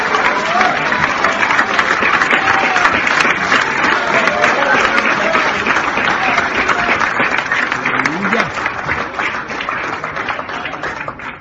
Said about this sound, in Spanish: Yo voy a aplaudir por algunas niñas de Guanajuato que no pueden aplaudir.